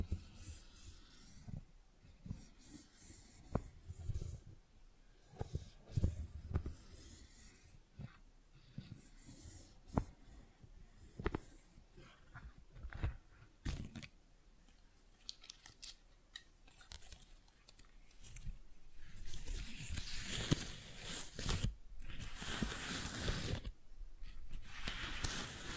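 Flowers are handled in crisp, irregular rustles and sharp snips, scattered with soft taps and low thumps. The sounds come in short bursts with quiet gaps for the first half, then thicken after about 19 seconds into a denser, brighter crackling that continues to the end.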